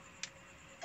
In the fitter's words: Sabihin, nag-lock na siya. Ayan.